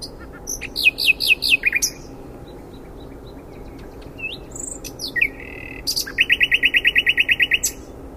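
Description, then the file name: Common nightingale song phrases: quick bright notes, a brief gap, a few scattered whistles, then a fast, loud, rhythmic rattle of repeated notes lasting well over a second. "Luscinia megarhynchos"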